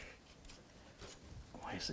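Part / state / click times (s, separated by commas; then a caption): graphics card into motherboard PCIe slot / not seated / none. A graphics card is handled over a motherboard PCIe slot while someone talks, with soft rustling and handling noises throughout. Nothing has seated or clicked yet; the card is not yet home in the slot and the slot's retention lever has not locked.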